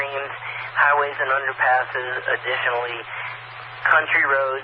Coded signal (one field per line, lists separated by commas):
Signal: Emergency Alert System (SAME) tones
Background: speech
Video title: 2020-02-06 - W4BFB 145.2300 MHz Charlotte Regional Skywarn Repeater